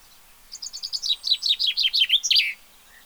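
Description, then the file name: Common chaffinch song: thin high notes leading into a louder rattling descending series, finishing with a strong terminal flourish; a soft brief note follows. "Fringilla coelebs"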